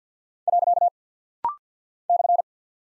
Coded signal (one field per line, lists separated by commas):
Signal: Morse code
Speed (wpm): 53 wpm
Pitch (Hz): 700 Hz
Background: none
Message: . /